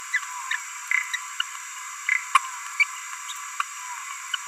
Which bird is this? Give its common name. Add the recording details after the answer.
Green-rumped Parrotlet. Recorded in a nest box in Venezuela. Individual 18B17A4